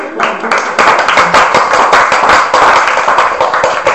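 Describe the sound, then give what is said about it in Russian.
A group of girls and boys applauding after finishing an exercise, a dense, steady patter of many quick claps running continuously for a few seconds at a fairly loud level, with no talking. “Все девчонки и мальчишки, хорошо, и аплодисменты.”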